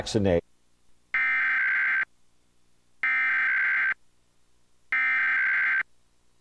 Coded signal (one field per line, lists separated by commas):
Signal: Emergency Alert System (SAME) tones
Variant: header bursts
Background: speech